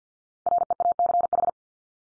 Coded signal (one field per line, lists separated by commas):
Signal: Morse code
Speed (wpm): 50 wpm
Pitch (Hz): 700 Hz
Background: none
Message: REACH